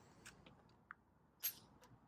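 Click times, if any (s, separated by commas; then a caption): 0.9 s. At a car wash, an attachment is pushed onto the quick-connect coupling of a pressure washer wand, and a sharp click at 0.9 s shows it has seated, with a faint tick before it and a brief hissy burst around 1.5 s. It is still to be tested pointed away from the car in case it ejects.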